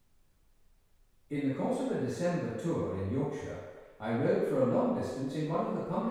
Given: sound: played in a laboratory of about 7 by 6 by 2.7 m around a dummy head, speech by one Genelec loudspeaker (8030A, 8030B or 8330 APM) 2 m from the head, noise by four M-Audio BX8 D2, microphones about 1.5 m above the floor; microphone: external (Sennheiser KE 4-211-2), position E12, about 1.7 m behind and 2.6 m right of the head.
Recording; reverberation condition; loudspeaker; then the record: male speech in English; high; 90 degrees to the right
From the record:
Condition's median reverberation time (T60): about 1300 ms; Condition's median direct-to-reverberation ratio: about -4.0 dB